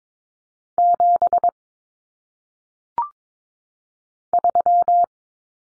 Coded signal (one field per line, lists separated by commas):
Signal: Morse code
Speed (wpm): 22 wpm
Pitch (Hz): 700 Hz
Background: none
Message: 7 3